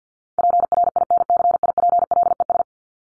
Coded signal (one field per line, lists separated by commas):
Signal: Morse code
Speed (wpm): 48 wpm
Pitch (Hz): 700 Hz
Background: none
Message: PRINCIPLES